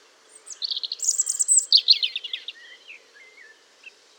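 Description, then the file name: European robin song, one rich phrase of bright high whistles and tumbling trills, then trailing off into soft, lower warbled notes. "Erithacus rubecula"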